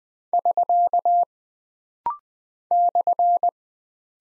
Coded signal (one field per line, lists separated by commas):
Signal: Morse code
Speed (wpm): 20 wpm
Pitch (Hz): 700 Hz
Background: none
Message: <SK> /